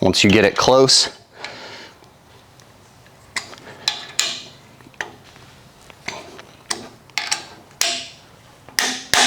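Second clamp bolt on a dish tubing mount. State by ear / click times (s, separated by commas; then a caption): torque reached / 3.9 s, 4.2 s, 7.8 s, 8.8 s, 9.1 s. Someone talks while the second clamp bolt of a Savage UTV aluminum tubing mount for a Starlink Mini dish is tightened with an Allen key. Sharp clicks are heard at 3.9, 4.2, 7.8, 8.8 and 9.1 seconds, and they confirm the clamp is tight.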